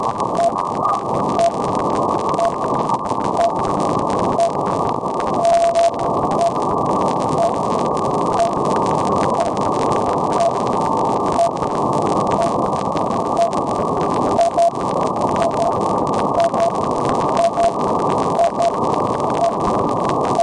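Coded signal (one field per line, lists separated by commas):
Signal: radio time signal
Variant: RWM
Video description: Here is RWM Russia coming in great to Upstate, NY on the evening of April 18, 2011. 9996Khz runs 5kW and they also run time stations on 4996Khz and 14996Khz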